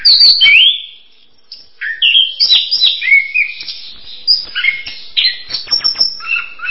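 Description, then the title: Bird song opening with a loud whistled phrase, then a short pause, followed by a stream of varied chirps, slurred whistles and quick twittering notes. "kikicau"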